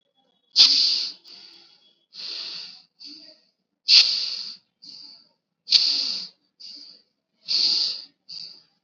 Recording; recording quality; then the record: shallow breathing; excellent, no background noise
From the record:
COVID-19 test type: RT-PCR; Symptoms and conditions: cough, sore throat, fever, fatigue, muscle pain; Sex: male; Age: 21 years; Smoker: no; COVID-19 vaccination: both doses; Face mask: worn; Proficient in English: yes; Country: India